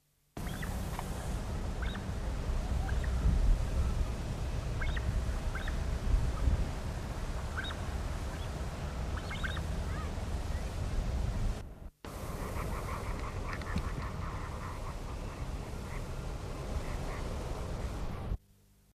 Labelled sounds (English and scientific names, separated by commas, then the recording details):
Lichtenstein's Sandgrouse (Pterocles lichtensteinii) call
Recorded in captivity
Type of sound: call
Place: Eilat, IL
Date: 1984-03-16 18:10
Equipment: Halbspur, 9,5 cm/s
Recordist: Lütgens, Hans
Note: Beim Pumpwerk von Eilat